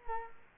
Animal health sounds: mosquito wingbeat signal from an infrared sensor; Culex quinquefasciatus

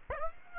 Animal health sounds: mosquito wingbeat signal from an infrared sensor; Aedes aegypti

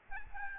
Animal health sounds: mosquito wingbeat signal from an infrared sensor; Aedes albopictus

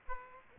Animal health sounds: mosquito wingbeat signal from an infrared sensor; Aedes aegypti

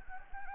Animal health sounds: mosquito wingbeat signal from an infrared sensor; Anopheles gambiae

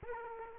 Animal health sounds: mosquito wingbeat signal from an infrared sensor; Aedes aegypti

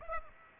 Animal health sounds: mosquito wingbeat signal from an infrared sensor; Aedes aegypti

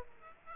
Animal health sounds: mosquito wingbeat signal from an infrared sensor; Aedes aegypti

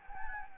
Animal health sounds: mosquito wingbeat signal from an infrared sensor; Anopheles gambiae

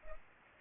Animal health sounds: mosquito wingbeat signal from an infrared sensor; Culex pipiens

